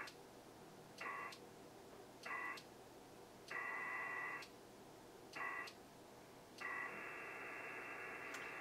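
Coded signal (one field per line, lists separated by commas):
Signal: HF data modem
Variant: PACTOR III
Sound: bursts of hissy, warbling data alternating with pauses, like back-and-forth exchange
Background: radio static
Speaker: and it's also doing error correction right now between the two stations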